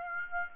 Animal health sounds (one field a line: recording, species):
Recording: mosquito wingbeat signal from an infrared sensor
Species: Aedes aegypti